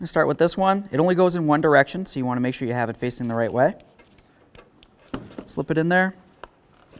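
Someone talks, then the first wiring connector, a tail lamp bulb socket connector that fits only one way, is slipped into a new taillight housing on a 2002–2008 Dodge Ram 1500. Faint handling ticks follow, and the connector clicks into place at 6.4 s, seated.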